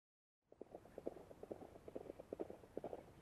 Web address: cavalo aproximando se e afastando se a galope sobre cascalho